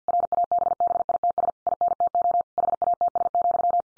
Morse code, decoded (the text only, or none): RABBITS INTO HATS,